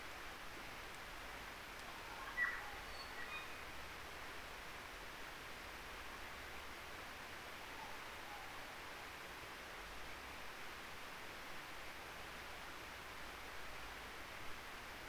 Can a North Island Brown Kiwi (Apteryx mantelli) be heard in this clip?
no